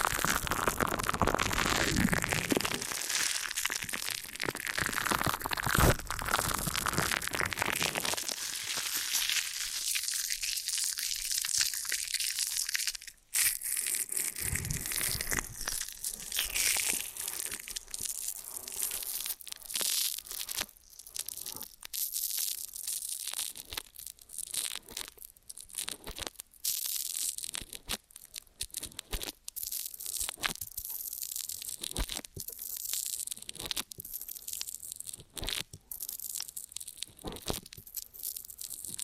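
An ear and scalp massage with dense, crinkly rustling and crunching, fuller and louder early on, then thinner with sharp scratchy bursts.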